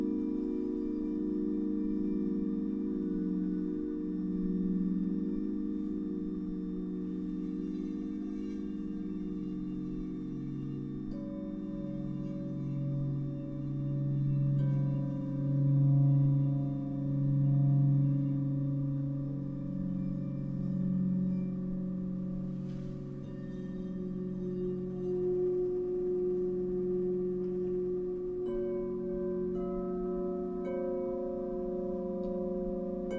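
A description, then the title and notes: A sound bath of steady, layered singing-bowl tones that hum and slowly pulse, with new ringing pitches entering around eleven and twenty-eight seconds. Sound Bath.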